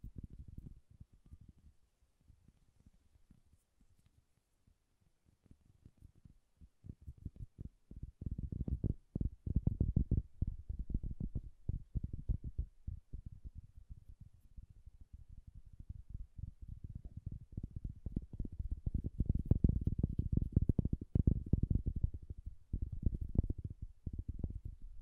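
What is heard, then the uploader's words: Soft, bassy tapping plays as dense clusters of dull, low thuds with almost no brightness. The taps start sparse and quiet, thicken from about 7 seconds, ease around 14 seconds, then swell again and stay busiest toward the end. ASMR Bassy and Soft Tapping Sounds.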